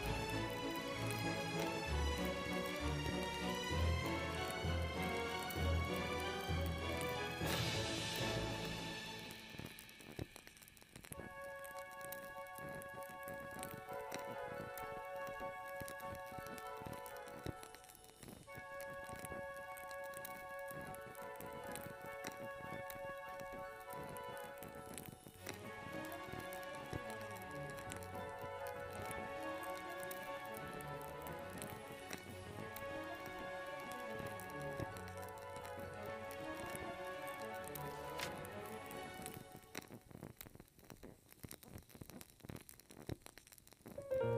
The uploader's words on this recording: Reading Nook w Candles and Classical Music. Hand picked Classical classics by Mozart, Beethoven, Handel, Chopin, Bach, and Tchaikovsky.